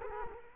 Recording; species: mosquito wingbeat signal from an infrared sensor; Culex quinquefasciatus